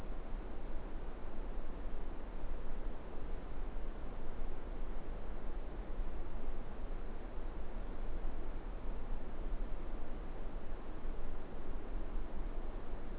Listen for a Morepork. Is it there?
no